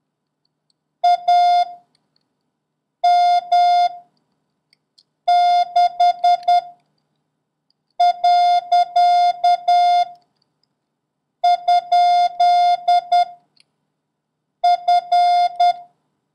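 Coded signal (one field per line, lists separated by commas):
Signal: Morse code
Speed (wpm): 10 wpm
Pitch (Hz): 710 Hz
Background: none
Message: A M 6 . ? F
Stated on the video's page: Morse code lesson covering the @ symbol and the abbreviations AR, SK and DE, ending with a long random-character practice run.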